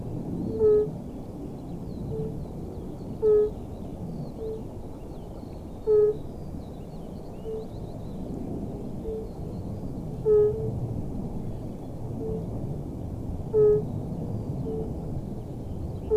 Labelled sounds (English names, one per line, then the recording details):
Fire-Bellied Toad call
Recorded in the wild
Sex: male
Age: adult
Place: Falkenberger Rieselfelder, Barnim, Berlin, DE
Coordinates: 52.5839, 13.5542
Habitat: pond
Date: 1991-04-28 12:15
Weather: Wasser: 16,5°C; Luft: 19°C
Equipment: Uher 4000 Report Monitor ME 80, K 30 AV, Schalterstellung II
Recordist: Frommolt, Karl-Heinz